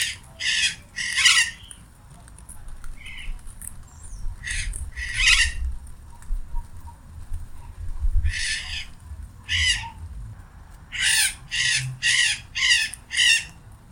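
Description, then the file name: Macaw rasping screeches, scattered single and paired squawks, then a fast run of five harsh calls near the end, over steady low background noise. Recorded 16 August 2025. "Maracana-- 16 08 2025"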